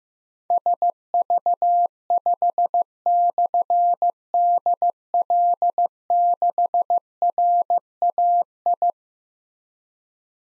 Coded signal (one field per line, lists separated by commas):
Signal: Morse code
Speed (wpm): 15 wpm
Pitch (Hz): 700 Hz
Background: none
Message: SV5/DL6RAI